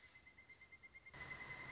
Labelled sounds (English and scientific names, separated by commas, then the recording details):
Pileated Woodpecker (Dryocopus pileatus)
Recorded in Sonoma County, California